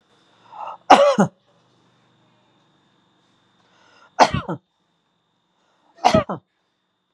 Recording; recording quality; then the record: shallow voluntary cough; excellent, no background noise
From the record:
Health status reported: healthy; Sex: female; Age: 51 years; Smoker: no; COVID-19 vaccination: both doses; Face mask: not worn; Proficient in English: yes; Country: India